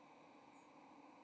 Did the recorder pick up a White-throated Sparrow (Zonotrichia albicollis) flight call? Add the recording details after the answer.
no. Another species' flight call is heard. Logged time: 08:47 on 30 October 2014